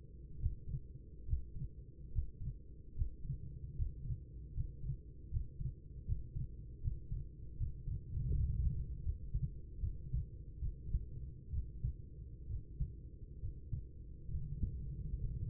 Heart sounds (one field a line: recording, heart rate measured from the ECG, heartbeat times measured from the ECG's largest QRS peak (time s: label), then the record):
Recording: heart sounds by stethoscope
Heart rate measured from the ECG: 73 bpm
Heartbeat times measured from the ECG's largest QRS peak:
0.38 s: heartbeat
1.25 s: heartbeat
2.10 s: heartbeat
2.93 s: heartbeat
3.74 s: heartbeat
4.52 s: heartbeat
5.29 s: heartbeat
6.04 s: heartbeat
6.80 s: heartbeat
7.56 s: heartbeat
8.32 s: heartbeat
9.01 s: heartbeat
9.79 s: heartbeat
10.59 s: heartbeat
11.49 s: heartbeat
12.46 s: heartbeat
13.39 s: heartbeat
14.29 s: heartbeat
15.19 s: heartbeat
From the record:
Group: healthy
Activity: breath hold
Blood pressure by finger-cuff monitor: 113/84 mmHg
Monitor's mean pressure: 90 mmHg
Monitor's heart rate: 75 bpm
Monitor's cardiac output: 4.7 L/min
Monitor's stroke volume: 62 mL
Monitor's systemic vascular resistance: 1400 dyn s/cm5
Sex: female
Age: 43 years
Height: 160 cm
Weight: 90 kg